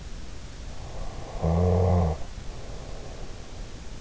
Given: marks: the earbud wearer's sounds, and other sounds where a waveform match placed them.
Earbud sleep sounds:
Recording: sounds in sleep by an in-ear microphone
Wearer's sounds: snoring breath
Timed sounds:
1.13-3.36 s: snoring breath

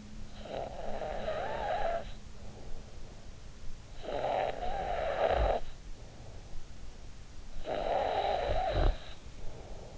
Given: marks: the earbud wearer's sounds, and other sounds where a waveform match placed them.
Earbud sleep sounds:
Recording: sounds in sleep by an in-ear microphone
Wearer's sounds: snoring breath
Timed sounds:
0.00-3.17 s: snoring breath
3.68-5.83 s: snoring breath
7.40-9.74 s: snoring breath

